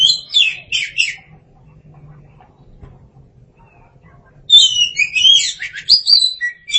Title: Suara Kicauan Burung Kacer